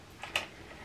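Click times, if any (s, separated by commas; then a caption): 0.4 s. A plastic brush attachment is pushed onto the handle of a Revamp 6-in-1 hot styling brush and clips on. A faint tick at 0.2 s is followed by a sharper, brighter click at 0.4 s as the attachment seats, in an otherwise quiet pause.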